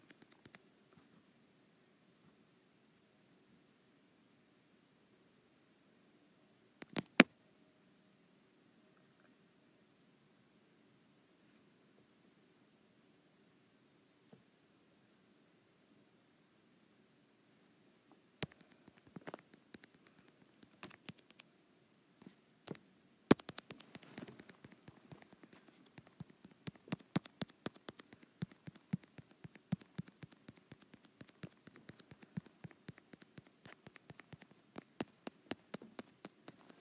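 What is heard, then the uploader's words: Fingers tap and brush across a touch screen, with sharp isolated clicks near 7, 18 and 23 seconds. After about 24 seconds the tapping becomes dense and quick, a steady flurry of light clicks and rustles over a low, faint hum that runs throughout. ASMR Touch Screen.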